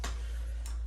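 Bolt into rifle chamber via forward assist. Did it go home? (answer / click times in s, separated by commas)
yes / 0.1 s, 0.7 s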